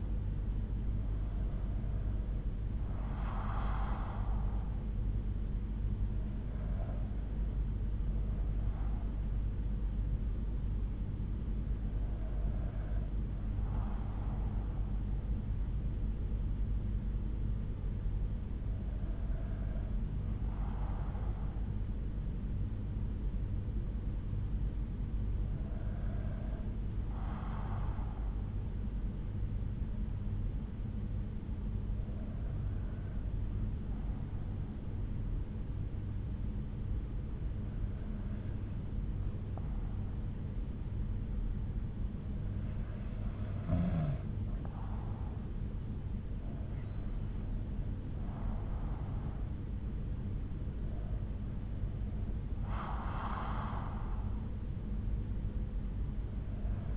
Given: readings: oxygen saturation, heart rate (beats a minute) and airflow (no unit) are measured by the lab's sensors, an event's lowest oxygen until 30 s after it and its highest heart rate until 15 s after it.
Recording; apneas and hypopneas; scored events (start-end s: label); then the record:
breathing in sleep by a smartphone at the bedside; 1
19.00-44.00 s: hypopnea (N2, oxygen 95% highest, then 92% lowest, heart rate 60 at the start, 69 highest)
From the record:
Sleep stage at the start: N2 (light sleep); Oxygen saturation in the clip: 92 to 95%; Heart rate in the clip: 59 to 69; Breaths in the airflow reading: 10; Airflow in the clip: -6.0 to 7.0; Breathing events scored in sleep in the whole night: 368 in 8.0 hours asleep